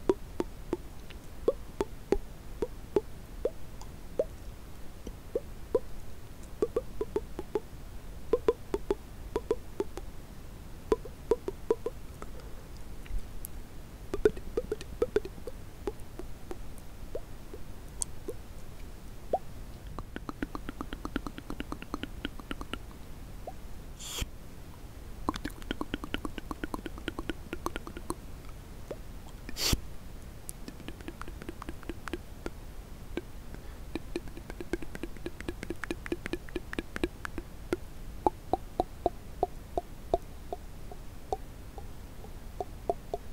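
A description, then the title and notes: Mouth sounds made of dense, irregular wet clicks and smacks run throughout, with occasional soft low-mid vocal murmurs. A few sharp, bright pops stand out around 24 and 29 seconds, and the clicking grows busier in the second half. ASMR The MOST Accurate MOUTH Sounds ($1 Mic VS $200 Mic).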